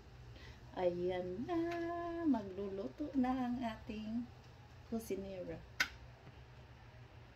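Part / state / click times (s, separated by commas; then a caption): lid lock of an electric pressure cooker / seated / 5.8 s. Someone talks while an electric pressure cooker starts cooking, then the lid locking mechanism gives a short, sharp click at 5.8 s. The lid is now locked in place.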